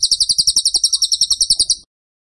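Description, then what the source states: Bird song: a brisk series of high, sharp chip notes, evenly spaced and rapid, ending cleanly after nearly two seconds. Masteran (training) song of a bird in tembakan style, described as gacor.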